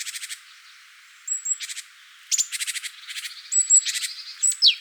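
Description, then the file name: Great tit calls, short harsh rattles in quick runs separated by brief pauses, mixed with thin high notes and a sharp descending note at the end. "Parus major"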